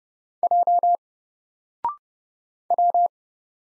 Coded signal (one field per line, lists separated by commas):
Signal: Morse code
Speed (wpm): 30 wpm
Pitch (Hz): 700 Hz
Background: none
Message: J W